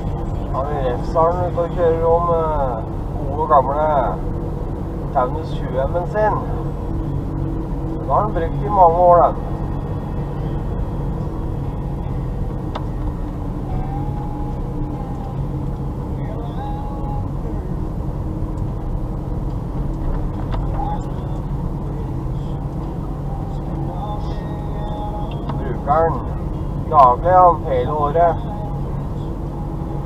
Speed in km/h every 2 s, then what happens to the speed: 39, 39, 38, 37, 36, 36, 34, 35, 36, 36, 36, 38, 40, 38, 38.
0-30 steady at about 37.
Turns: none.